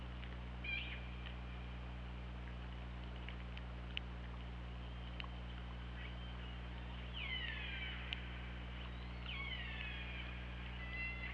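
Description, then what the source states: Killer whale calls, brief tonal notes followed by two loud descending harmonic sweeps late, with scattered clicks and steady low hum underwater. Recorded by the OrcaLab hydrophone on 24 August 2017 at 21:04.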